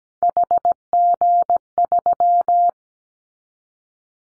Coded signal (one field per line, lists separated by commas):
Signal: Morse code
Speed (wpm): 17 wpm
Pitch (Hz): 700 Hz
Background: none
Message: HG3